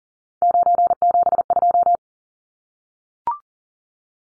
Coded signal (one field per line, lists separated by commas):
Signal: Morse code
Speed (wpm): 40 wpm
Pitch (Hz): 700 Hz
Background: none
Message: 972